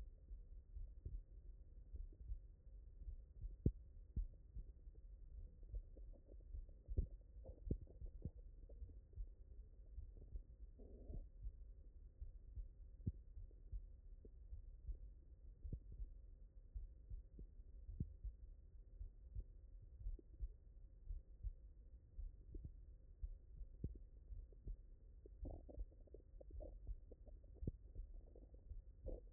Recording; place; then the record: heart sounds by stethoscope; mitral valve (MV)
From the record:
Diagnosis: non-HFrEF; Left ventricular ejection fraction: 67%